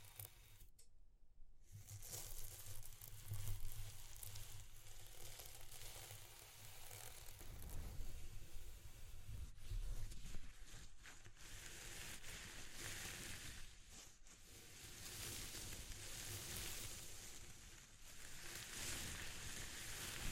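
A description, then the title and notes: ASMR texture sounds: a dense, steady rustling and scratching with a hissy, sizzling edge and a low rumble underneath. A short pause of near silence comes around the one-second mark, and after about seven seconds the scratching turns brighter and grainier. ASMR Exploring Textures (No Talking).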